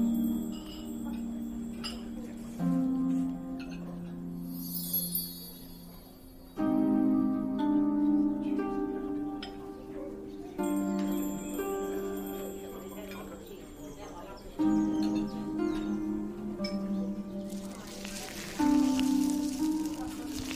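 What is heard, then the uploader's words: A fantasy fairy cafe ambience: soft, sustained musical chords swell and change roughly every four seconds, with faint chiming bell tones drifting above. Underneath runs a steady bed of gentle patter like light rain, and a low murmur of voices. Fantasy fairy cafe asmr ambience.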